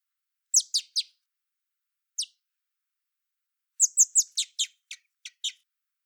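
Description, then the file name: Common blackbird calling with sharp metallic chinks: a quick triple, a lone note, then an excited run of about eight notes, with no other sounds. "Turdus merula"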